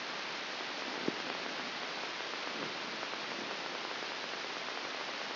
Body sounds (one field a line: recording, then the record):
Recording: brain microelectrode recording played as sound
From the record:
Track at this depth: inside the subthalamic nucleus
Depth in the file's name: 3.898 mm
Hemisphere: left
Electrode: 2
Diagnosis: Parkinson's disease